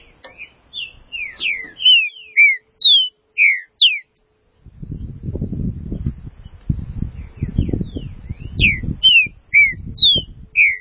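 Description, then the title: Green-winged saltator singing loud, clean whistled slurs rising and falling, broken by a silent gap, with low rumbling noise beneath the later phrases. "Trinca Ferro"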